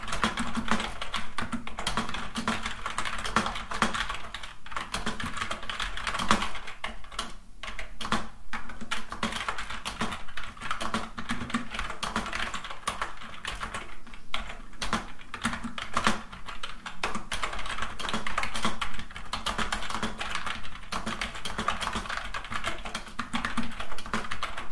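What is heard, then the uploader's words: Fast typing on a keyboard, a dense, rapid stream of sharp key clicks that runs for the whole stretch at a fairly even level. The rhythm barely lets up, with only brief gaps around seven and seventeen seconds, over a faint low hum. Fast Keyboard Typing - No Talking.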